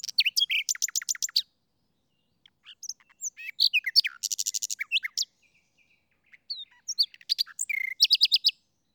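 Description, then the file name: Common nightingale singing varied phrases: rapid series of loud clicking notes, scattered whistles, a fast buzzy trill, then more quick repeated notes separated by short pauses. "Luscinia megarhynchos"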